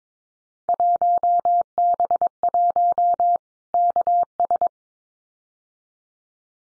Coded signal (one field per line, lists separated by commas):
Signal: Morse code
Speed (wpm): 22 wpm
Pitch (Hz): 700 Hz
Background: none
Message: 1B1 KS